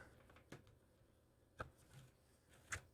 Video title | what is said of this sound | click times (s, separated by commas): Storage Space Drive Replacement | in like that, clicks in place, and then we'll wire it up. | 1.6 s